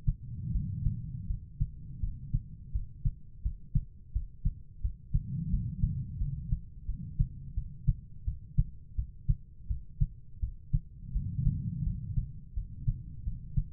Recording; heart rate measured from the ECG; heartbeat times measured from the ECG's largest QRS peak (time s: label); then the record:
heart sounds by stethoscope; 85 bpm
0.51 s: heartbeat
1.26 s: heartbeat
1.99 s: heartbeat
2.71 s: heartbeat
3.42 s: heartbeat
4.12 s: heartbeat
4.81 s: heartbeat
5.49 s: heartbeat
6.17 s: heartbeat
6.85 s: heartbeat
7.53 s: heartbeat
8.24 s: heartbeat
8.95 s: heartbeat
9.67 s: heartbeat
10.39 s: heartbeat
11.12 s: heartbeat
11.83 s: heartbeat
12.53 s: heartbeat
13.23 s: heartbeat
From the record:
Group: healthy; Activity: cold pressor test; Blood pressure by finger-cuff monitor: 107/69 mmHg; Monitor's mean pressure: 84 mmHg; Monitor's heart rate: 86 bpm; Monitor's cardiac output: 6.4 L/min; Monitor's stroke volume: 73 mL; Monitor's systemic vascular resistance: 940 dyn s/cm5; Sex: female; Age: 43 years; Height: 160 cm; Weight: 90 kg